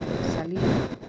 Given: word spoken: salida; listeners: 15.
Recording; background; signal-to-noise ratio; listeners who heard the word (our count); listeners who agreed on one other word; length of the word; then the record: one Spanish word in noise, from a listening test; noise modulated by one talker; -7.3 dB; 2 of 15; 12 of 15; 0.69 s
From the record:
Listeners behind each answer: 12, 2, 1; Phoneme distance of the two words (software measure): 17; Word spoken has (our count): 3 syllables, 6 phonemes, stress on syllable 2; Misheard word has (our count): 2 syllables, 5 phonemes, stress on syllable 2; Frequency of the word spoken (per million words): 104.21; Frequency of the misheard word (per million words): 147.13